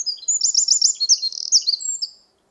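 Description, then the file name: Eurasian wren giving a brief burst of high, rapid trilled notes and sharp twitters, trailing off after about two seconds. "Troglodytes troglodytes"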